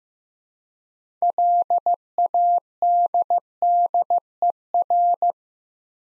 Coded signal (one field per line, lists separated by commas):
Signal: Morse code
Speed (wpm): 15 wpm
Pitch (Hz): 700 Hz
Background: none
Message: LADDER